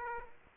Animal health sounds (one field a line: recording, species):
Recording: mosquito wingbeat signal from an infrared sensor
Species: Aedes aegypti